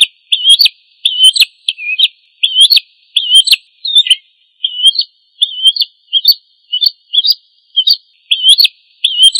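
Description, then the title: Oriental magpie-robin singing many short whistled notes, each rising and falling, repeated with brief gaps. Chirping song, from a recording over an hour long. "Kicau Kacer"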